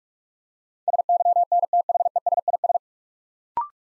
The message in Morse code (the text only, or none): SYNTHESIS